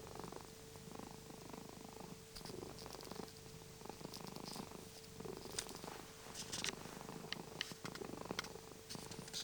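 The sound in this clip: Domestic cat purring, a soft low rumble partly covered by a steady hum and frequent sharp clicks and rustles.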